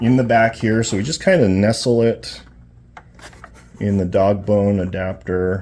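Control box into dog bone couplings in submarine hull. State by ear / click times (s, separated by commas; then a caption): not seated / none. Someone talks while a control box is nestled into the dog bone couplings in the back of an RC submarine hull, with brief soft handling taps around 3.0 s and 3.4 s during a pause. The box has not yet been dropped down, and nothing has seated or clicked yet.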